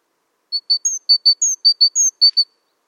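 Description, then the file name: Great tit: a steady run of short, clear, high notes, mostly level, with a higher, downslurred note after every pair or so. "Parus major"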